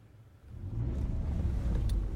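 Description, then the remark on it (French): A car engine rumbles low and steady, swelling in loudness after a quieter start as the vehicle rolls into a courtyard to park, with a brief faint high click near the end. “Aujourd'hui, 4e épisode, on se gare dans la cour.”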